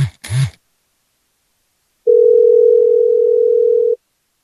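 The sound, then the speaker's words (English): A short burst of speech, a pause, then a single steady, mid-pitched telephone ringback tone on a call to Great Baker's Bank that holds loudly for about two seconds before cutting off. “Almost sounds like fake ringing.”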